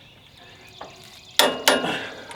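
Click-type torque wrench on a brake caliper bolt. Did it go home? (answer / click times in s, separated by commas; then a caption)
yes / 1.4 s. A click-type torque wrench is pulled again on a front brake caliper bolt of a 2010 Silverado 2500 HD during a brake change. After a faint tick at 0.8 s, a sharp click at 1.4 s is followed by a second loud snap at 1.7 s against a quiet background. The bolt is confirmed torqued to setting.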